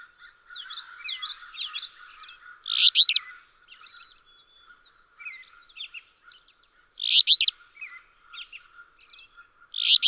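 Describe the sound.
Alder flycatcher giving three burry, accented song phrases, the last cut off; another bird's sweet warbling song and a faint low trill are also heard.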